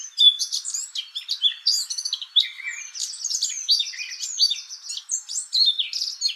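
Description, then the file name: Eurasian blackcap singing a rapid, continuous warble of high chattering and fluty notes that runs without a break from start to end. "Sylvia atricapilla"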